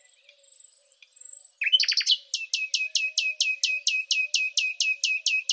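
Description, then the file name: Thrush nightingale song opening with two drawn-out high whistles and a short rattle, then a long series of loud, evenly repeated sharp notes. "rossignol philomele"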